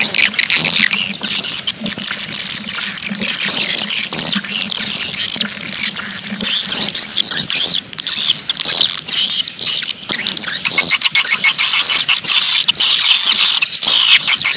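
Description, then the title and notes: Swiftlet twittering: high busy chirps throughout over a faint low hum. Swiftlet farming sound from Asia. "Swiflet Bird Sound. Farming Swiflet Bird asia sound"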